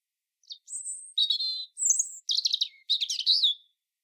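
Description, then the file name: European robin song: a varied string of high notes, with thin whistles, trills and scratchy twittering bursts in quick succession, on a clean, silent background. "Erithacus rubecula"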